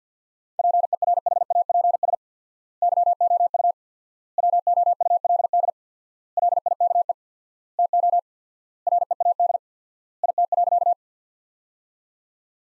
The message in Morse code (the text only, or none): PERHAPS YOU WOULD LIKE TO READ IT.